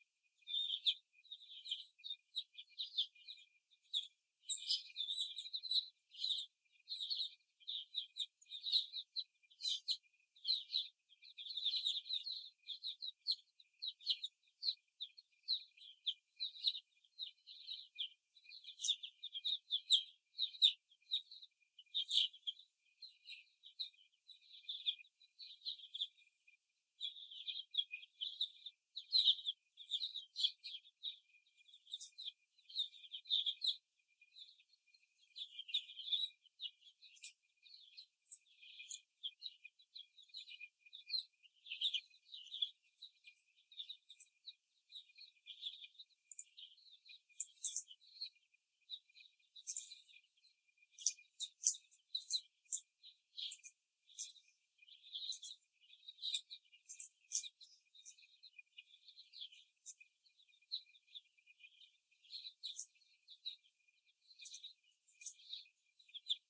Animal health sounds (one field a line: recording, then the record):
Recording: young laying hens in a cage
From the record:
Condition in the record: before the stressor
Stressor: simulated dog barking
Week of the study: 1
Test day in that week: 2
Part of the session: 2